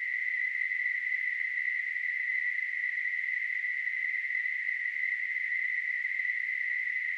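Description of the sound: Steady, unbroken narrow-band hiss centred near 2 kHz, a simulation of how tinnitus can sound.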